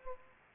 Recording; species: mosquito wingbeat signal from an infrared sensor; Aedes aegypti